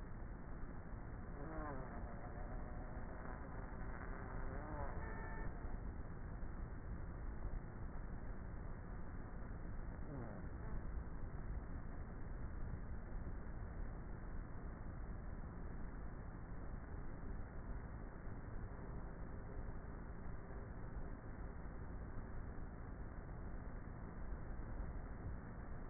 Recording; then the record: honeybee colony, microphone inside the hive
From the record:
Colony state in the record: queenless with a low population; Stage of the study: before two queens were removed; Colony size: about 30,000 bees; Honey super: no